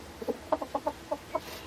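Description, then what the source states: Chickens clucking in several short, soft notes in under two seconds. A parade of chickens passing by on a sunny early-spring day while a hoop house was put up, responding to the warmth of the sun.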